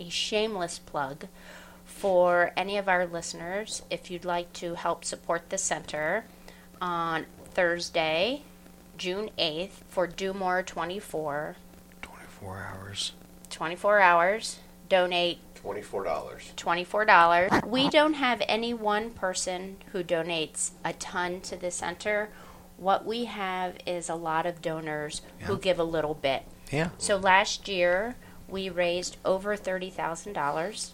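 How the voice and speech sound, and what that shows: A woman speaks fluently at a medium pitch in a small, quiet room, giving a relaxed, conversational fundraising announcement. Her phrasing and articulation are clear, with short natural pauses. Another voice briefly adds a word or two of agreement.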